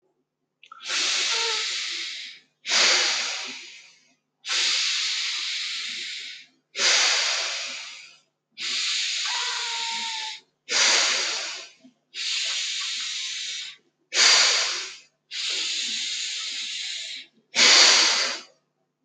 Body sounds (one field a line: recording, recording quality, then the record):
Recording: deep breathing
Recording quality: excellent, no background noise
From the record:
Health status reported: healthy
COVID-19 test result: negative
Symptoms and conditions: none ticked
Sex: male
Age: 31 years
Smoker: not ticked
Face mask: not worn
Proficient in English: yes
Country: India